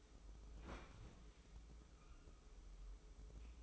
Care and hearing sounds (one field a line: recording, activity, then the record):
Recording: daily activity, microphone in the room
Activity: open fridge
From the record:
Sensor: 1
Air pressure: 995.3 hPa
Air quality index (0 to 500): 25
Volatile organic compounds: 0 ppm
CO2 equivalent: 503 ppm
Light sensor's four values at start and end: 18/60/22/24 and 18/60/22/24